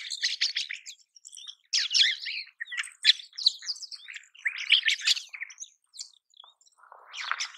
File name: rosy starling sound